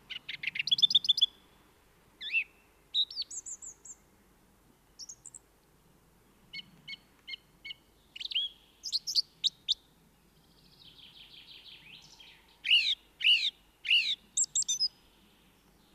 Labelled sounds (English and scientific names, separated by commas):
Song Thrush (Turdus philomelos) song